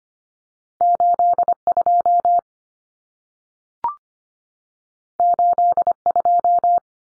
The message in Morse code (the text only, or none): 82 82